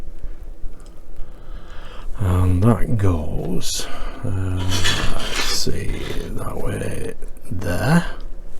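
A plastic deck detail piece is pressed by hand toward its mounting on the deck of a Titanic ship model while someone talks throughout. Only light handling noises are heard, with faint ticks around 0.8 s and 1.2 s, and the part has not seated or clicked into place yet when the clip ends.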